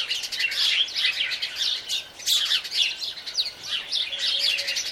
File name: Passer domesticus